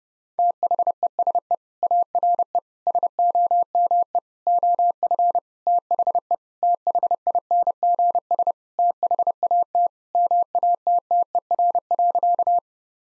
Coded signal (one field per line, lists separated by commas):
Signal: Morse code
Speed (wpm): 30 wpm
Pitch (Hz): 700 Hz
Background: none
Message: THESE ARE SOME OF THE THINGS THAT MATTER.